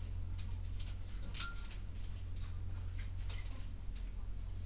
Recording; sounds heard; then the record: poultry house recording; sick chickens (respiratory disease)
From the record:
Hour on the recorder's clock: 11